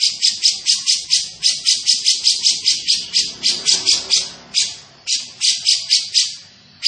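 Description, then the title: Grey-cheeked bulbul giving harsh, buzzy chattering notes in quick series, with brief pauses. Described as gacor (actively vocal), with a dense, clear voice. "Cucak Jenggot Gacor 1. Cucak Jenggot Gacor, Suara Rapat Dan Jernih"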